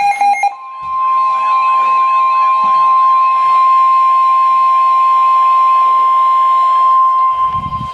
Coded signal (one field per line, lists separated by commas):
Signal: Emergency Alert System (SAME) tones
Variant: 1050 Hz attention tone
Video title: Special Marine Warning (EAS #1,089)